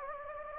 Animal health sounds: mosquito wingbeat signal from an infrared sensor; Anopheles gambiae

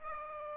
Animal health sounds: mosquito wingbeat signal from an infrared sensor; Aedes aegypti

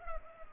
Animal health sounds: mosquito wingbeat signal from an infrared sensor; Culex pipiens

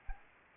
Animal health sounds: mosquito wingbeat signal from an infrared sensor; Anopheles arabiensis

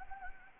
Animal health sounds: mosquito wingbeat signal from an infrared sensor; Anopheles gambiae

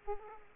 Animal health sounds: mosquito wingbeat signal from an infrared sensor; Aedes aegypti

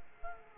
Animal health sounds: mosquito wingbeat signal from an infrared sensor; Culex quinquefasciatus

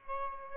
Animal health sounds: mosquito wingbeat signal from an infrared sensor; Aedes albopictus

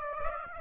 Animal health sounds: mosquito wingbeat signal from an infrared sensor; Aedes aegypti

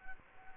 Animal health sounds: mosquito wingbeat signal from an infrared sensor; Culex quinquefasciatus

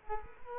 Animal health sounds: mosquito wingbeat signal from an infrared sensor; Culex quinquefasciatus

